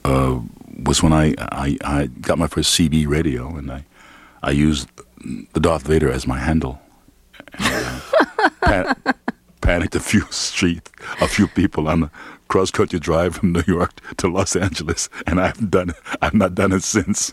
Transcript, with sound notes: was when I got my first CB radio, and I used the Darth Vader as my handle.
(Laughter).
Panicked a few street - a few people on a cross-country drive from New York to Los Angeles, and I have done - I've not done it since.